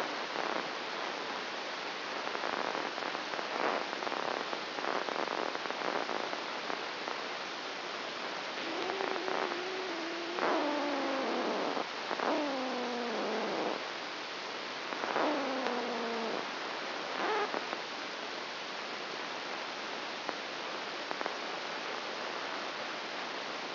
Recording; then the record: brain microelectrode recording played as sound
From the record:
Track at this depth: inside the subthalamic nucleus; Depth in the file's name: 2.004 mm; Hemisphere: left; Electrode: 1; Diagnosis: Parkinson's disease